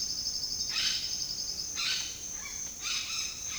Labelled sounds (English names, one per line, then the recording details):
Mealy Parrot
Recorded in dense forest near Puerto Asís, Putumayo, Colombia, on 19 February 2024 at 07:30
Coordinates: 0.502, -76.324
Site G6370